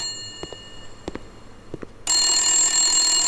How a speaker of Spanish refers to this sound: Un momento, chicos, que llaman al teléfono.